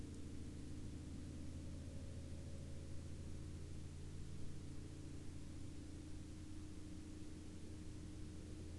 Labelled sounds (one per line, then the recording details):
aircraft
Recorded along the Dempster Highway, Canada, on 26 March 2020 at 20:45
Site 22